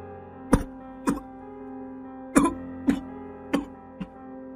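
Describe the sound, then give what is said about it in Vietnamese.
Six harsh, choking coughs burst out in two uneven clusters, each a sharp rasping explosion, over a low steady hum, with no talking. “Những tiếng ho sặc sụa vang lên, nhưng chú Tư vẫn không hề nghe thấy.”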